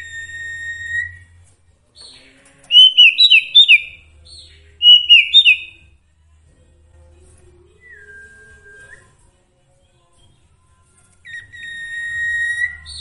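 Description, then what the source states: Sooty-headed bulbul singing two quick chattering bursts of sharp slurred notes, with a thin steady whistle before them and a softer drawn whistle afterwards. Song with full variations, used for training songbirds (masteran); local name sirtu.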